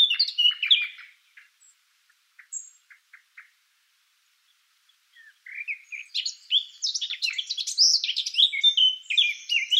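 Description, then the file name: Eurasian blackcap song: a warbled opening, a few clipped ticking notes, then a rising, energetic stream of rich chattering and whistled notes. "Sylvia atricapilla"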